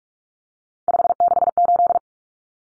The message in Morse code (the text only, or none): 568